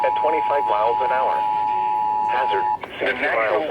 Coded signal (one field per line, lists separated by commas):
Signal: Emergency Alert System (SAME) tones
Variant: 853 and 960 Hz attention tone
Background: speech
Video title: EAS/NWR Alert or message #430-431: 6th and last Severe Thunderstorm Warning